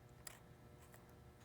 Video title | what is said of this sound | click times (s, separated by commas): Spark plug removal | and you want to plug it in and listen for the click | 0.3 s